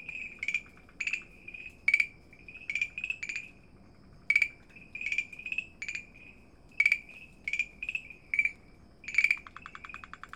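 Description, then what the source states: Farmland green treefrog: series of clicky, rattling frog calls with short tonal tails, singly or in clusters of two or three, continuing throughout with quiet gaps between. Recorded at Dalin on 30 May 2009.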